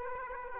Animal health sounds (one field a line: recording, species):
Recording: mosquito wingbeat signal from an infrared sensor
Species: Aedes aegypti